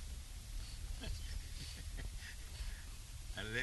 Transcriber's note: laughs